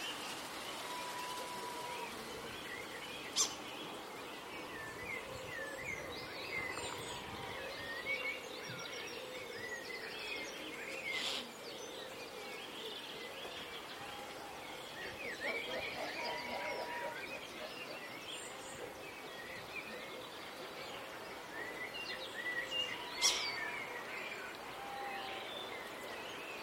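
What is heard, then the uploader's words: Birdsong in a spring garden, with blue tits and starlings at the feeders: a dense, steady mix of chirps, whistles and chatter runs throughout. Sharp clicks or taps stand out near 3, 11 and 23 seconds, over a low constant hiss. It's late morning in a springtime Dorset garden. Blue tits and starlings land on the gently swaying bird feeders to eat their fill. Recorded by Daniel Kramer-Arden. Spring birdsong in a Dorset garden.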